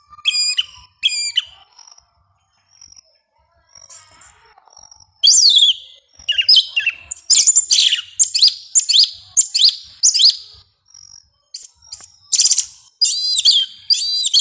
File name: Canto do sabia una